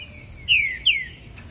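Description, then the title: Green-winged Saltator song: two loud, clear whistled notes, each slurring sharply downward, about a third of a second apart, over faint low background hiss. Male singing while waiting for an opponent. "Trinca ferro Rex"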